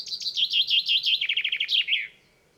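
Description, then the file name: Common chaffinch song: a descending series of chipping notes, a quicker trill, then a short emphatic end flourish. "Fringilla coelebs"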